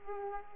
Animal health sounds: mosquito wingbeat signal from an infrared sensor; Aedes aegypti

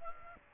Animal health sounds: mosquito wingbeat signal from an infrared sensor; Aedes aegypti

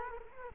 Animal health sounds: mosquito wingbeat signal from an infrared sensor; Culex quinquefasciatus

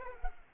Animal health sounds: mosquito wingbeat signal from an infrared sensor; Culex pipiens

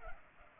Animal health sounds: mosquito wingbeat signal from an infrared sensor; Culex pipiens

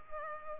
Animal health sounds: mosquito wingbeat signal from an infrared sensor; Culex pipiens

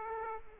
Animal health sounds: mosquito wingbeat signal from an infrared sensor; Aedes aegypti

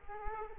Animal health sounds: mosquito wingbeat signal from an infrared sensor; Aedes aegypti

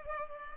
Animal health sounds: mosquito wingbeat signal from an infrared sensor; Culex pipiens

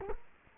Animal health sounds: mosquito wingbeat signal from an infrared sensor; Culex quinquefasciatus

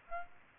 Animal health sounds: mosquito wingbeat signal from an infrared sensor; Aedes aegypti

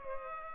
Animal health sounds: mosquito wingbeat signal from an infrared sensor; Culex pipiens

